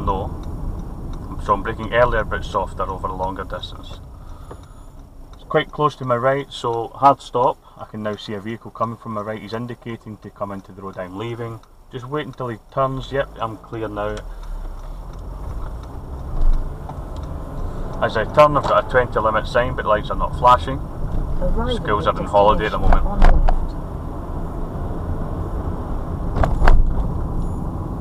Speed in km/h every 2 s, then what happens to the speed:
23, 15, 5, 0, 0, 0, 0, 0, 13, 21, 24, 29, 34, 34.
0-5 brakes to 0. 5-14 standing. 14-24 pulls away to 34.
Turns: none.